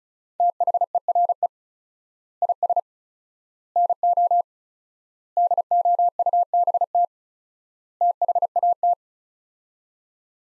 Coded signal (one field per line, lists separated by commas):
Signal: Morse code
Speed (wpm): 36 wpm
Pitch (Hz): 700 Hz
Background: none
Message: THERE IS NO DOUBT THAT